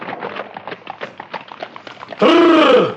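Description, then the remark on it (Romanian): Horses pulling a carriage clatter along in a quick, steady clip-clop of hooves as the carriage halts by steep, wild cliffs near a port, then one horse lets out a loud, drawn-out snorting whinny to finish. “Repede, jos din trăsură! Voi, prieteni dragi, priponiți cai și veniți după noi!”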